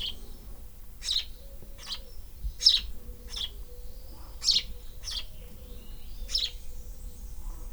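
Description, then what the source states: Swallow chirping: short, high notes at uneven gaps over a faint steady hum. Nest in an air vent.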